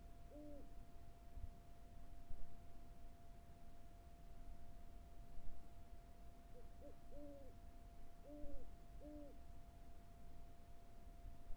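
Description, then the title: Owl hooting: one low hoot, a long pause, then four more hoots, against soft hiss and a constant faint tone. Carrizo Plain. "neoscenes: Carrizo Plains owl"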